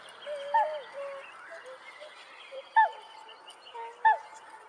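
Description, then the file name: Bewick's swan calls, soft yelping honks with three louder notes spaced over several seconds, other swans calling underneath. "llebedczarnodzioby"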